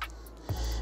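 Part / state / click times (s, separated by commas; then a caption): camera quick-release plate into gimbal mounting clamp / seated / 0.0 s. A camera on its quick-release plate is set onto the mounting clamp of a Zhiyun Crane 4 gimbal, sitting flush on either side, and clicks into place at 0.0 s, leaving it seated. Fainter ticks follow near 0.1 s and 0.3 s, then a duller knock at 0.5 s gives way to a steady low hum.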